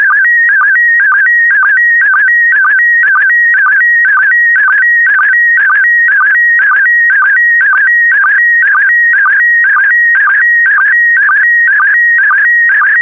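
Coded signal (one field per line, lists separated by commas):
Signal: SSTV (slow-scan television)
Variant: PD120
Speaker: the next image transmission will start in 10 seconds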